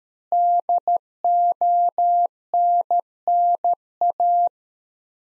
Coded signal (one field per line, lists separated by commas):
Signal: Morse code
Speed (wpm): 13 wpm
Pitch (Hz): 700 Hz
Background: none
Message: DONNA